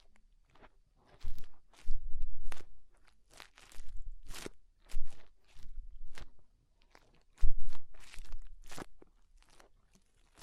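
Fingers rubbing and scraping inside the ear make loud, crunchy bursts that come in irregular clusters, each lasting about half a second to a second, with brief silent gaps between them. The scratchy texture is gritty and bright, over a faint low rumble.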